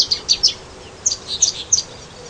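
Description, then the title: Long-tailed reed finch song: high, scratchy chirped notes in two short bursts separated by a brief pause. "LuckyPassaro Completos2Sama. Long-tailed Reed Finch (Donacospiza albifrons)"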